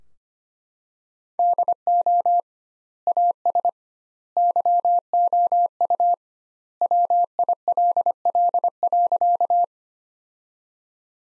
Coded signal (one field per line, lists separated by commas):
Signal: Morse code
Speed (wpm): 25 wpm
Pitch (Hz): 700 Hz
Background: none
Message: DO AS YOU WILL.